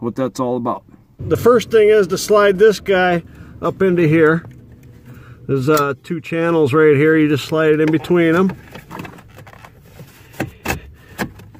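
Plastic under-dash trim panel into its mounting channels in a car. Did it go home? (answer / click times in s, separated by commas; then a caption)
yes / 10.4 s, 11.2 s. A plastic under-dash trim panel in a 1997–2004 Chevrolet Malibu, refitted during blower motor and resistor replacement, is slid up between two mounting channels while someone talks. After a few light handling taps, sharp clicks at 10.4 s and 11.2 s mark the panel seating fully into place.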